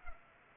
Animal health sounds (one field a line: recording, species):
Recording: mosquito wingbeat signal from an infrared sensor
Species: Culex pipiens